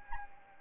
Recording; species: mosquito wingbeat signal from an infrared sensor; Anopheles arabiensis